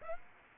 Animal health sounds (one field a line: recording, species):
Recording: mosquito wingbeat signal from an infrared sensor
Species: Aedes aegypti